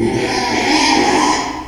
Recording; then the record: squeal of a Yucatan mini pig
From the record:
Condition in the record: after surgery on the right vocal fold (resection and tissue-engineered implant); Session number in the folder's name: 2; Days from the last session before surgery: 13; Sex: male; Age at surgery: 12 weeks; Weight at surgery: 13 kg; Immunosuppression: cyclosporine, prednisolone